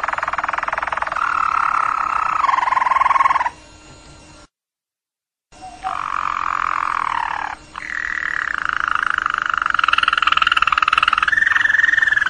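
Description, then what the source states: Roller canary giving long low rolling trills that step down in pitch, a sudden silent break, then more sustained rolls. Roller canary giving long rolling song phrases, used as a tutor (masteran) for training other birds.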